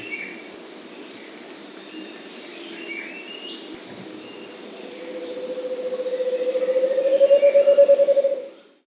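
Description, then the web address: Scaled antpitta song: a low, hollow run of rapid notes that rises slightly in pitch and swells in loudness over several seconds, over a steady insect whine and faint bird chirps. Andean bird of South America. "S America Andean Birds. Scaled Antpitta (Grallaria Guatimalensis)"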